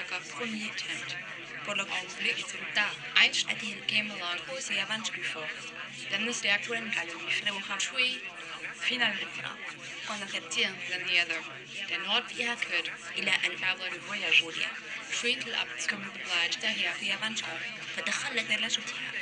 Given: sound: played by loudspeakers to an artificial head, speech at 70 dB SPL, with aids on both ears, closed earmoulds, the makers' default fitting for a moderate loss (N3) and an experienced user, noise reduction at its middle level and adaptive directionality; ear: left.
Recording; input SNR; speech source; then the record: speech test signal (ISTS) in cocktail-party noise; +3 dB; in front (0 degrees)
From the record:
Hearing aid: class 2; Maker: G